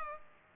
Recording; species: mosquito wingbeat signal from an infrared sensor; Culex pipiens